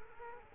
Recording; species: mosquito wingbeat signal from an infrared sensor; Culex quinquefasciatus